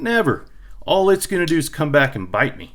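A WE Knives 920A Blocao folding pocket knife is handled while someone talks, with the blade about to be flipped open into its lock. Only speech is heard, with no distinct click. The blade has not yet locked open, and nothing has seated or clicked by the end of the clip.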